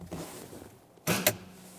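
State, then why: Released. On a 2009-2014 Nissan Maxima, the hood release handle in the cabin is tugged and the cable releases the hood latch, which pops back up. Someone talks briefly, then a broadband burst begins around 1.1 s and the latch gives a sharp pop at 1.3 s. The release is confirmed to work as it should.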